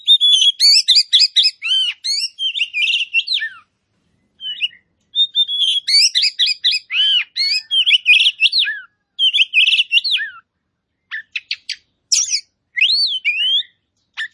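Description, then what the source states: Oriental magpie-robin singing long bursts of rich whistled and chattering notes, separated by short gaps, with a few sharp clicks near the end. Kacer poci variety, singing vigorously (gacor).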